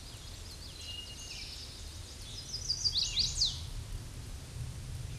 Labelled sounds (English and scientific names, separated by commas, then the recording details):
Chestnut-sided Warbler (Setophaga pensylvanica) song
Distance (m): 20 m
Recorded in a Pennsylvania forest on 18 May 2023 at 07:46
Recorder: AudioMoth, point grid1_19_low
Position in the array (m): 119 m, 207 m